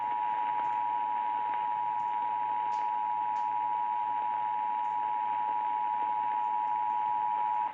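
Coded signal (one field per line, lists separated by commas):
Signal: Emergency Alert System (SAME) tones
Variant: 853 and 960 Hz attention tone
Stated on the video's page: Weather alerts.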